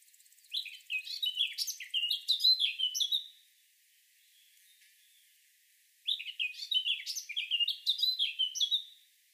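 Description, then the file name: Eurasian blackcap song in two similar warbling phrases about three seconds each, quick chattering notes sliding into clearer whistles, separated by a short quiet gap. "Sylvia atricapilla"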